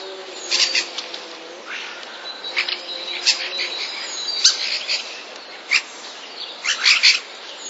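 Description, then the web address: Common starling song: chattering chirps and clicks in irregular bursts over a steady hiss. Starling song containing sounds borrowed from sparrows. "wroblowe zapozyczenia szpaki"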